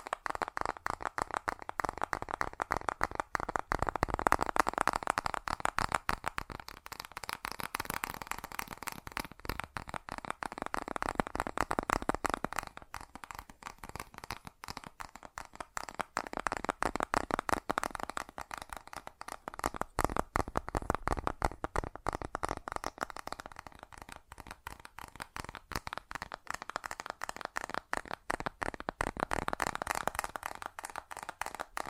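Fast tapping runs continuously for the whole clip, dense rapid clicks that swell louder around five, twenty and thirty seconds, then ease.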